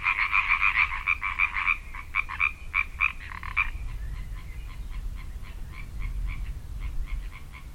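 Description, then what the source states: Tree frogs calling in a chorus of fast, evenly repeated nasal pulses, loud and dense for the first few seconds, then thinner and quieter, with a low rumble beneath. At Moesgaard Pond on 30 May.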